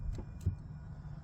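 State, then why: Not seated. An automatic gearbox's gear selector lever is moved from neutral toward drive, giving two small, brief hits at about 0.2 s and 0.4 s over a low, steady hum. These hits are not the detent click: the selector has not clicked into drive.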